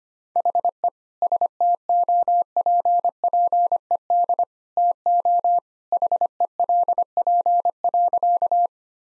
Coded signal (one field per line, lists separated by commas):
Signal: Morse code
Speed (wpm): 25 wpm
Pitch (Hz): 700 Hz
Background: none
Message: HE STOPPED TO HELP.